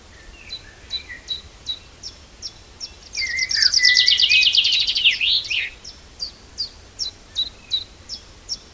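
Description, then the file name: Common chaffinch song, a loud descending rattling trill with a closing flourish, set against steady high ticking notes repeated throughout. "Fringilla coelebs"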